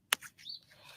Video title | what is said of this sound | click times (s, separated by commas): A Look Inside: Flower Farming School Online | And do you hear it snap in? | 0.1 s